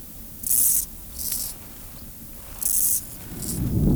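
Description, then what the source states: Meadow grasshopper song: four short, high, hissing buzzes, each under half a second, over a low rumble of wind or background noise. Subspecies tenuis.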